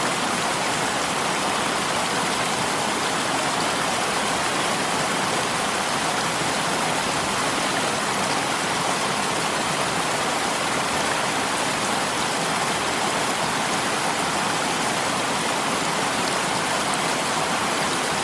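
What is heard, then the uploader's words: A waterfall pours with a stream running alongside, a dense, unbroken rush that stays level for the whole stretch. The sound is full and bright, with a soft churning low end beneath the hiss of spray. No distinct events stand out. Relaxing Waterfall White Noise With Stream Water Sounds.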